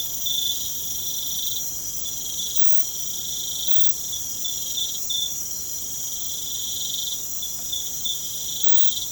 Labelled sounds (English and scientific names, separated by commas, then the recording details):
none
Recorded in pastures near Puerto Asís, Putumayo, Colombia, on 29 June 2025 at 00:30
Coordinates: 0.472, -76.331
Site G095